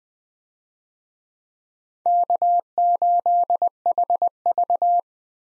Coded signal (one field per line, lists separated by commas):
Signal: Morse code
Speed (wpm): 21 wpm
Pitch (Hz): 700 Hz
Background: none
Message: K8HV